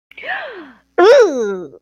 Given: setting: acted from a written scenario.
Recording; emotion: vocal sound without words; negative surprise